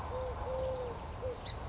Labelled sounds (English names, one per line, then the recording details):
Eurasian Collared Dove
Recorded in Sonoma County, California